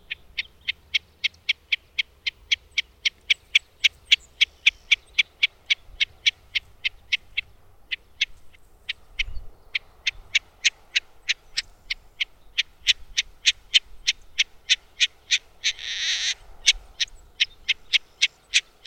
Wilson's Snipe call recorded in Moraine Park in Rocky Mountain National Park.